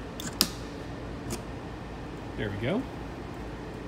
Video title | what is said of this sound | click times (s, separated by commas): Charging Your Tesla Model 3 | that went ahead and unlock the charge for it there we go | 0.4 s